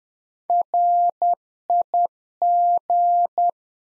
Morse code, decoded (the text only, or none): RIG